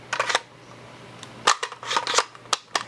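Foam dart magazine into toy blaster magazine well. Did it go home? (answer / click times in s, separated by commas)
yes / 2.5 s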